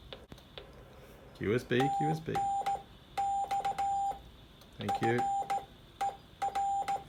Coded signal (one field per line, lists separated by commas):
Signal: Morse code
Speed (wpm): 18 wpm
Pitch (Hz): 790 Hz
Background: speech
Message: TNX FER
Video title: Giant portable HF Whip Antenna @TheArtofEngineering